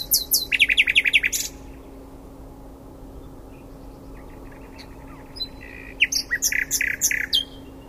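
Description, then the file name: Common nightingale song: a string of loud repeated sweeping notes, a quiet stretch, then varied clicks and a fast series of repeated chirps, over a low steady hum. "Luscinia megarhynchos"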